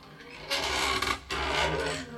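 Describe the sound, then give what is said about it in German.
A creaking door to a dining hall opening, heard as two long, harsh grinding strokes with a brief break between them. The rasping is loud and steady, with no voices. “Aber nun öffnet sich die Tür zum Speisesaal der Betriebsempfangsabteilung und wir hören Folgendes.”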